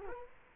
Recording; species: mosquito wingbeat signal from an infrared sensor; Culex quinquefasciatus